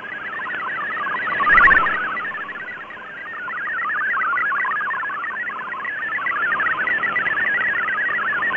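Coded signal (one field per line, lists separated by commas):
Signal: multi-tone FSK (Olivia or MFSK type)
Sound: rapid burbling melody of stepping tones, continuous, with fading over hiss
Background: radio static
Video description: For a simple test, extract the audio track from this video and decode it using FLDIGI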